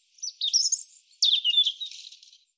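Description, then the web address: European robin song: two rapid, sweet, high warbling phrases with sliding whistles and a scratchy, trilled ending. "cianscape birddata Deverinetal 2025 Bird Er Ru"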